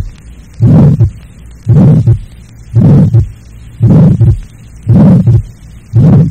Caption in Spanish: Es un soplo de flujo pulmonar que se ausculta en muchos niños normales. Es de tono mediano y áspero y se parece a los soplos de la comunicación interauricular y de la estenosis pulmonar muy leve. Generalmente es proto y mesosistólico y termina antes del segundo ruido. Se le distingue de los soplos asociados a padecimientos orgánicos por la presencia de un desdoblamiento normal del segundo ruido cardíaco.